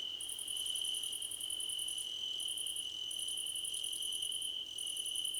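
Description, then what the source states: Crickets chirp in a dense chorus, rapid pulsed trains above a continuous high trill, with short breaks between trains. Crickets in a chorus, described as a choir competition.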